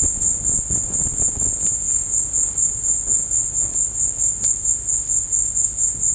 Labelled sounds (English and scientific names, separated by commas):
none